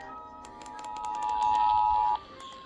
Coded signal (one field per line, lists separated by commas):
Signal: Emergency Alert System (SAME) tones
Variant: 853 and 960 Hz attention tone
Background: music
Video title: eas cae Eas #247 - 248)